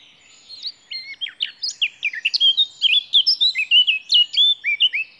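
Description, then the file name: Eurasian blackcap song, opening with soft, hurried chattering notes before breaking into a bright, loud sequence of flutey whistles that rise and fall. "Sylvia atricapilla"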